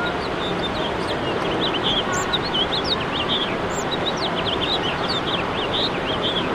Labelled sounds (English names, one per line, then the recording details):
House Finch song
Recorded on Long Island, New York, on 21 March 2012
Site FL
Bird D